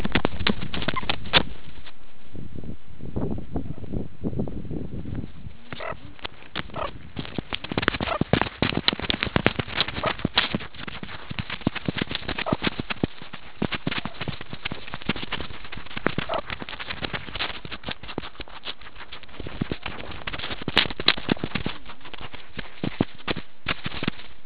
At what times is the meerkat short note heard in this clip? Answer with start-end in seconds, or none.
0.95-1.00